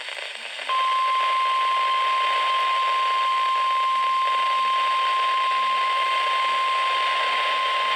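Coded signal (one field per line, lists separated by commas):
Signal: Emergency Alert System (SAME) tones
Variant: 1050 Hz attention tone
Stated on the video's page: Tornado warning tones on a NOAA Weather Radio station.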